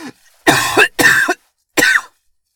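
Three short, harsh cough bursts in under two seconds, the first two close together and the third after a brief pause. Each is loud and noisy with a rough, throaty quality. A plain adult cough.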